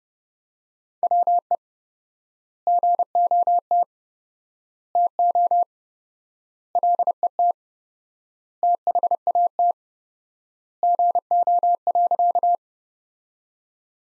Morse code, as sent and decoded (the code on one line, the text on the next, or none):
.-- . / --. --- - / - --- / .-.. . - / - .... .- - / --. --- .-.-.-
WE GOT TO LET THAT GO.